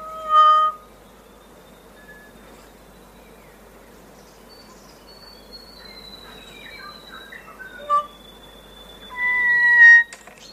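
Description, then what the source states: Kokako song: a rich low note, then long drawn whistles sliding slowly downward, brief scattered notes, and a final held whistle over soft background hiss. Played on radio at a listener's request.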